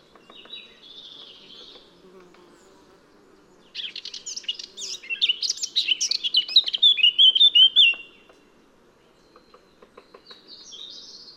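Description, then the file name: Eurasian blackcap song: faint, thin notes at first, then a loud four-second phrase of rapid warbling that closes in bright, descending whistles. Soft high notes trail off afterward. "Sylvia atricapilla"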